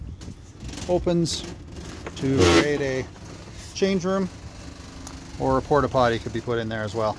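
Someone talks while a hinged seat or lounger panel on a 2014 Harris pontoon boat is handled, about to be flipped down into its latched position in the seat frame. Nothing has seated or clicked yet.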